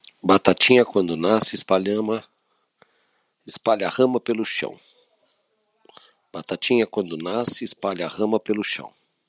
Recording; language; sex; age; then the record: short text; Brazilian Portuguese; male; 50 to 59 years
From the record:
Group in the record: control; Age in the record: 59 years